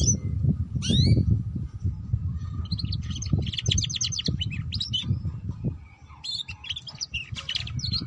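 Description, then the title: Canary song in bursts of quick chirps and sweeping notes, pausing and resuming, over a steady low rumbling background noise. Belgian canary; song to warm up and stimulate canaries to sing, for canaries learning the ngeriwik sound, suited as a lure for ngeriwik canaries. "Canto Para Esquentar Canário Belga. Suara Kenari Belajar Bunyi Ngeriwik || Cocok Untuk Pancingan Kenari Ngeriwik"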